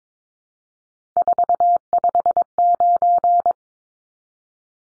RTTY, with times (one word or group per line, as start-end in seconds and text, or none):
none